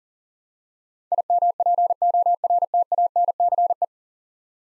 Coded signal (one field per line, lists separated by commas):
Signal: Morse code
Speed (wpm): 40 wpm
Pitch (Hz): 700 Hz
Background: none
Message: IMPORTANCE